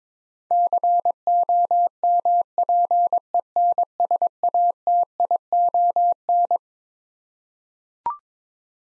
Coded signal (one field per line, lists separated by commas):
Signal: Morse code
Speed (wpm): 22 wpm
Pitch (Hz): 700 Hz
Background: none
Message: COMPENSATION